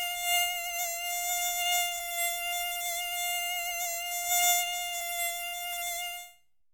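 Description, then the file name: Mosquito whining in a continuous high buzz with layered overtones, steady for about six seconds before stopping abruptly into silence. "komar"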